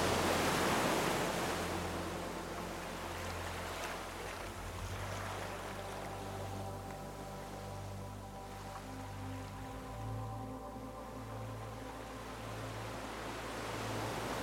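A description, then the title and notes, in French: Ocean surf hisses steadily throughout, loudest at the start, while a calm, low, sustained musical tone pulses gently underneath from about four seconds on. L'harmonie parfaite entre l'océan et une musique apaisante.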